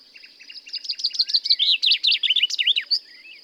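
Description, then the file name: Common chaffinch giving one complete song: quick repeated chips descending in pitch, breaking into broader slurred notes and closing with an emphatic terminal flourish. "Fringilla coelebs"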